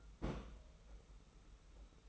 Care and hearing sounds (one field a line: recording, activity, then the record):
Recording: daily activity, microphone in the room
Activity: place on stove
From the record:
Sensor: 1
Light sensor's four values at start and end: 36/117/46/47 and 36/117/46/47